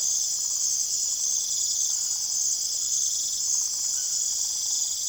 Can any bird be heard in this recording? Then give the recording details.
no. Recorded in secondary vegetation near Puerto Asís, Putumayo, Colombia, on 24 June 2025 at 21:30. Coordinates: 0.489, -76.322. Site G021